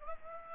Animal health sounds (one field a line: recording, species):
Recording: mosquito wingbeat signal from an infrared sensor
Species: Aedes aegypti